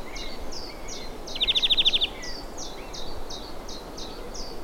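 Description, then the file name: European greenfinch call: one rapid buzzy trill, set against a steady series of short high notes. "Chloris chloris"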